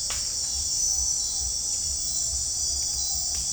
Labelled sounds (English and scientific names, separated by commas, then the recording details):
none
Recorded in dense forest near Puerto Asís, Putumayo, Colombia, on 15 December 2024 at 01:00
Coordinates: 0.499, -76.324
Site G045